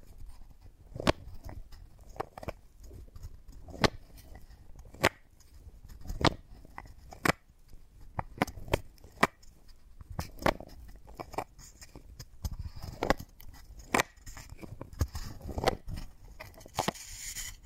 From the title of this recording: Wooden Ball Triggers